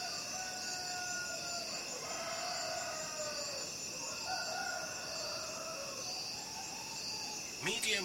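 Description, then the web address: Crickets in a steady, continuous high-pitched trilling chorus with several overlapping tones, joined by a fainter wavering lower tone that rises and falls, and a short sharp burst near the end. Crickets calling at night. "the sound pack tree. night crickets"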